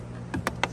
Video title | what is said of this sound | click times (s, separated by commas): How to replace cabin/pollen filter 19 VW Jetta MQB! | until it clicks all the way down. | 0.5 s, 0.6 s